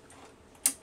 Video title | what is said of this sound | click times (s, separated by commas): Workflow Hardware Upgrade | clicks right in | 0.7 s